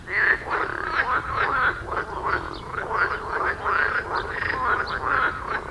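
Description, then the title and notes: Frogs in a steady chorus of overlapping rasping, rattling croaks, with no pauses throughout. Frogs at the village pond in Wohlsborn, Germany; recorded with a TASCAM DR-40X. "Wohlsborn, Deutschland - Froschkonzert. Frog concert. Froschkonzert am Dorfteich in Wohlsborn. Aufgenommen mit TASCAM DR-40X"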